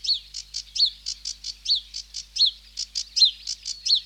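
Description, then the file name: Sedge warbler song: rapid chattering phrases of harsh chirps mixed with descending slurred whistles, repeated in a jerky, irregular rhythm. "Sedge Warbler (Acrocephalus schoenobaenus)"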